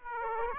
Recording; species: mosquito wingbeat signal from an infrared sensor; Aedes aegypti